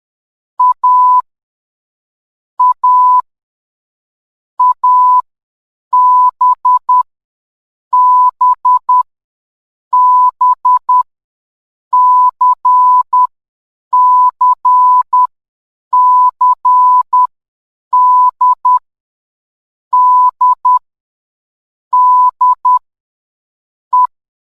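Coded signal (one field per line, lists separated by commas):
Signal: Morse code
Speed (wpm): 10 wpm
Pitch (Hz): 1000 Hz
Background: none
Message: A A A B B B C C C D D D E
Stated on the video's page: Morse code alphabet lesson.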